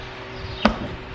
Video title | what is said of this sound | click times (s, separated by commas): Fixing a Jeep Mod I Screwed Up | And that worked. I don't know if you guys heard the little snap, but it was just that easy. | 0.7 s